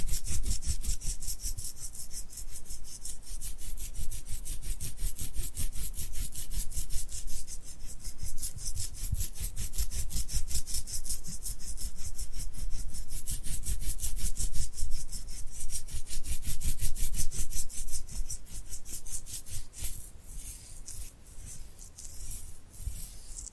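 Tingly glued hand sounds: fast, dense sticky rubbing and peeling crackles repeating in a steady rhythm, crisp and bright up top with a soft low thump underneath. The pattern holds for about twenty seconds, then loosens into sparser, softer bursts near the end.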